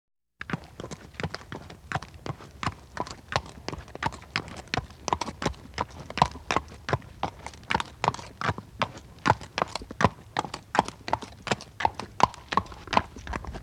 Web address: horse steady walk